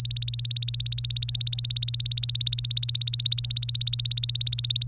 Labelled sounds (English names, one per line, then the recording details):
Domestic Canary song
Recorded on 24 April 2018 at 16:33
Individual llb3